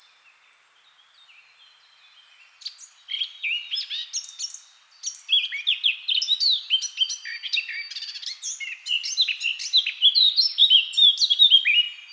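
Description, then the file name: Eurasian blackcap song: a thin high whistle, a quiet pause, then a long, lively run of quick warbled notes that grows louder. "Sylvia atricapilla"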